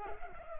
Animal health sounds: mosquito wingbeat signal from an infrared sensor; Culex pipiens

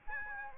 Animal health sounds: mosquito wingbeat signal from an infrared sensor; Aedes albopictus

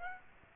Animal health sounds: mosquito wingbeat signal from an infrared sensor; Aedes aegypti

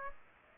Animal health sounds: mosquito wingbeat signal from an infrared sensor; Aedes aegypti

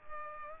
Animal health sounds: mosquito wingbeat signal from an infrared sensor; Culex pipiens

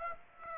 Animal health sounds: mosquito wingbeat signal from an infrared sensor; Aedes aegypti

